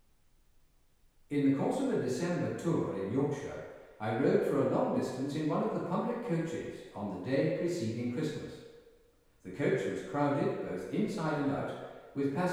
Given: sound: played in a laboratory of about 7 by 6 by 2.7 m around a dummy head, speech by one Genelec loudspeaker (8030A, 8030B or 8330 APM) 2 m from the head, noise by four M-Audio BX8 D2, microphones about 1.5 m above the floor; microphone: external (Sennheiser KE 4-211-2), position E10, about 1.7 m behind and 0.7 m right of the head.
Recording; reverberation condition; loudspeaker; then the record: male speech in English; high; 120 degrees to the left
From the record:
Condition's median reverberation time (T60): about 1300 ms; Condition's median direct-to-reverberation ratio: about -4.0 dB